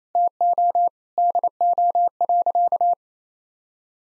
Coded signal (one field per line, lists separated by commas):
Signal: Morse code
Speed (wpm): 28 wpm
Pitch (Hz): 700 Hz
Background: none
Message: TO DO.